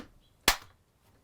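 The refrigerator door on a 2021 Dutchmen Kodiak Cub 177RB travel trailer is pushed shut, and its travel latch catches with a single sharp, broadband click at 0.5 s. The click confirms the fridge is closed and latched, which keeps things from falling out while driving.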